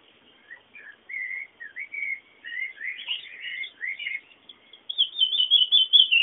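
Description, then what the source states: Bird song of scattered short chirps and warbles, growing into denser, higher twittering toward the end. Background bird sounds.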